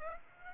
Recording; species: mosquito wingbeat signal from an infrared sensor; Aedes aegypti